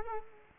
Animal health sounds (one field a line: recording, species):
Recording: mosquito wingbeat signal from an infrared sensor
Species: Culex quinquefasciatus